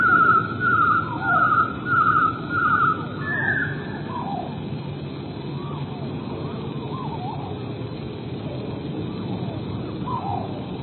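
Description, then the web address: Eurasian blue tit song: five fast trilled bursts in quick succession and a longer whistled note, followed by several seconds of low background noise with faint chirps. "wroblowe teka 4 spiew 38. modraszkoteka"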